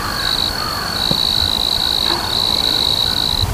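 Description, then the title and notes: Southeastern field cricket singing a steady high-pitched trill, nearly continuous with two brief breaks, over a constant hiss of background noise. "Southeastern Field Cricket by Christie Mullen"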